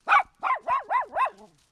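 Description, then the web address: Miniature poodle barking five times in quick succession, each bark short and arched in pitch, ending with a softer trailing whine. Miniature poodle barking, recorded close up. "Sound Effects-Foundation 1. DOG POODLE MINIATURE BARK CLOSE"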